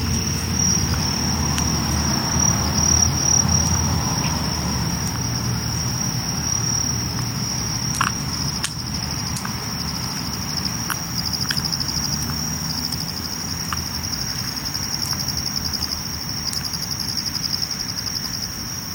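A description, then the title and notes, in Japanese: On a summer night walk, insects trill steadily in a high, thin, unbroken chorus. Beneath it runs a dense, low rumble of town life, with a few short clicks and taps around eight and eleven seconds. The level stays even throughout. とある夏の夜歩き。今回は夜近所を歩いてみました。色んな虫の声や人の暮らしや、やっぱり蝉の声が時々しました。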